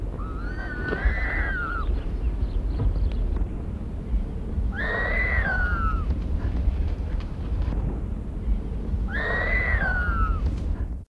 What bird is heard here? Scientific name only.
Aegypius monachus